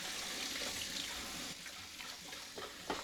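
Tap water runs steadily in a broad hiss over a sink, with a few soft clinks and splashes of dishes being washed, the last one a bit sharper. No one speaks.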